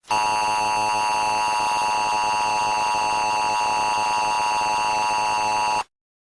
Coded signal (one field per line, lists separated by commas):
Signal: Emergency Alert System (SAME) tones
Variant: 853 and 960 Hz attention tone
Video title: EAS scenario (the black fog) ￼PART ONE